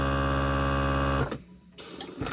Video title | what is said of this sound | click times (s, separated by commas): Honestly, This WON'T Save You! These 3 Things Will! #stockup #foodstorage #homesteading | Did you hear it click? That was the lid sealing. | 2.0 s